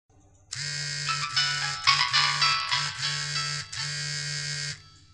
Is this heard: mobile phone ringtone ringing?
yes